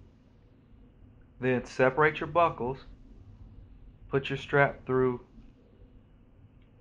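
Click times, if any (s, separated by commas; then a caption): none. A motorcycle helmet chin strap is threaded through the second D-ring buckle, with the snap to be pressed home shortly after. Someone talks in two bursts over a quiet background, with no distinct handling sounds. Nothing has clicked or snapped into place yet.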